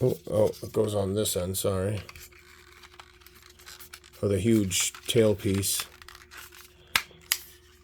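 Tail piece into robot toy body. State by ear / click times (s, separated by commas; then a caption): seated / 7.0 s, 7.3 s. Someone talks while pressing the large tail piece onto a die-cast/plastic robot toy set, with soft handling rustles in between. Two sharp, loud clicks at 7.0 s and 7.3 s show the tail piece seating into the robot toy body.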